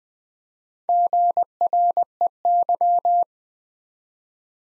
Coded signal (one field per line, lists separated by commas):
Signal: Morse code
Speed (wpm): 20 wpm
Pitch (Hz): 700 Hz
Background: none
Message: GREY